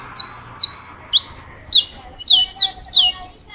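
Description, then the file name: Saffron finch delivers sharp descending chips that turn into a quicker jumble of high, clipped notes. "Canto-do-Canário-da-Terra"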